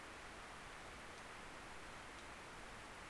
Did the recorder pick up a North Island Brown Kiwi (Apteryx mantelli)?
no